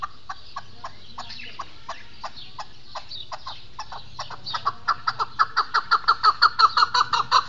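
Partridge calling in a rapid series of harsh clucking notes that start soft and spaced, then quicken and grow louder toward the end.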